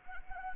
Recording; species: mosquito wingbeat signal from an infrared sensor; Anopheles arabiensis